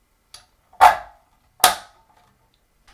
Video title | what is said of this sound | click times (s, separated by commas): Ceiling Fan Swap: Traditional to Modern (Sister's Room) - 08/25/2024 | and then we fold this flap back up until it snaps | 1.6 s